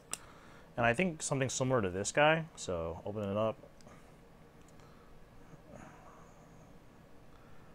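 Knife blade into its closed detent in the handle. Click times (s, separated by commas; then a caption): 0.1 s. A Civivi Rustic Gent folding pocket knife, with a Damascus steel blade in a brown Matrix micarta and carbon fiber handle, is closed through its detent points, and the blade snaps into its closed detent in the handle with a sharp click at 0.1 s. Someone then talks, followed by a few faint soft handling sounds.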